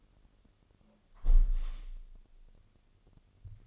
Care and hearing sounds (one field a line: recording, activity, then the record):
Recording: daily activity, microphone in the room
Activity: close window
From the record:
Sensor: 4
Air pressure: 1001.2 hPa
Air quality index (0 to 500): 177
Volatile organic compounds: 2 ppm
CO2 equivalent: 1264 ppm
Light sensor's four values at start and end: 12/29/12/12 and 12/29/12/12